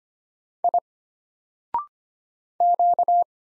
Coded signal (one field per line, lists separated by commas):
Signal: Morse code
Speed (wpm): 25 wpm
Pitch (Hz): 700 Hz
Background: none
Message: I Q